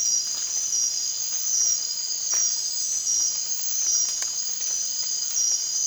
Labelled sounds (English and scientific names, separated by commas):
none